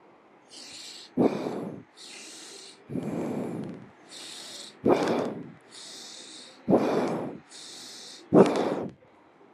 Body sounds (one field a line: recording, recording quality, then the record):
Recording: deep breathing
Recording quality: excellent, no background noise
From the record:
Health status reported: healthy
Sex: male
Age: 41 years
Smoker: yes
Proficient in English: yes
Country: India